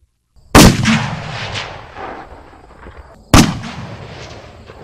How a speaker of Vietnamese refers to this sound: Ba tiếng nổ lớn phát ra là ba đạo quang mang sau một hồi đột phá kết giới bằng hơi nước của Hắc Giáp Trần Long, cuối cùng cũng hướng độc cá to lớn mà nện xuống.